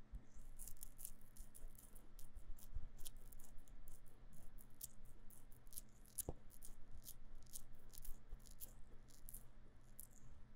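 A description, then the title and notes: Sticky aloe gel is massaged over an ear, giving a dense run of wet, squishy clicks and smacks, several each second, crisp and bright at the top. A low steady hum sits underneath throughout, with one sharper snap near six seconds. 用蘆薈凝膠按摩耳朵. Aloe based gel sticky Earmassage | 3Dio | NoTalking.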